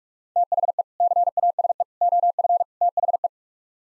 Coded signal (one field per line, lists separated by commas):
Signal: Morse code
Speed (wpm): 46 wpm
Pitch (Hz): 700 Hz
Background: none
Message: THE CASE OF THE